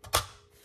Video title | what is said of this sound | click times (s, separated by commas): Haley Strategic: Thorax Plate Carrier, Chicken Strap, and Placard | i'm not quite sure where it comes in but they have a very audible click uh | 0.1 s